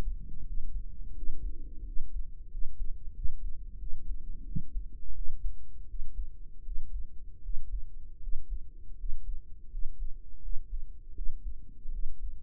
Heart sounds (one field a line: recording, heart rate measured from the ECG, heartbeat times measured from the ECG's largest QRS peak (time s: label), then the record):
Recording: heart sounds by microphone in the right ear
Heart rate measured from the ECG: 84 bpm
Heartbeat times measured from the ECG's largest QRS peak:
0.42 s: heartbeat
1.12 s: heartbeat
1.82 s: heartbeat
2.47 s: heartbeat
3.12 s: heartbeat
3.76 s: heartbeat
4.42 s: heartbeat
5.11 s: heartbeat
5.85 s: heartbeat
6.61 s: heartbeat
7.39 s: heartbeat
8.17 s: heartbeat
8.94 s: heartbeat
9.67 s: heartbeat
10.39 s: heartbeat
11.12 s: heartbeat
11.88 s: heartbeat
From the record:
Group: healthy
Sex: female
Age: 32 years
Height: 168 cm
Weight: 61.9 kg